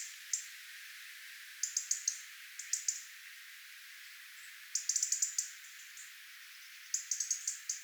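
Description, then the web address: Tits giving quick bursts of thin, high chirps, several clusters with pauses between, over soft steady hiss. Tit flock, recorded 11 October 2024. "paivat 11 10 2024 punarintoja tiaisparvi"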